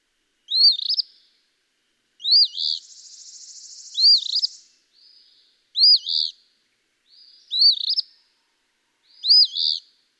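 Eastern phoebe singing its raspy two-part fee-bee phrase about every two seconds, six phrases, with one long buzzy trill between the second and third.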